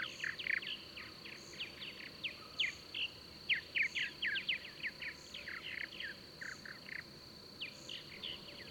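Bird song of quick, clipped chirps and falling notes tumbling irregularly, several per second, with a constant thin high whine and soft periodic high pips behind.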